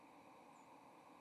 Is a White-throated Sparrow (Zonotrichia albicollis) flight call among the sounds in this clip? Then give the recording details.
no. Another species' flight call is heard. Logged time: 08:49 on 30 October 2014